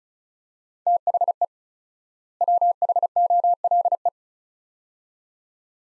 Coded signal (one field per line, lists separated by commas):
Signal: Morse code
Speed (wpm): 34 wpm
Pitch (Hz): 700 Hz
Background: none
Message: THE WHOLE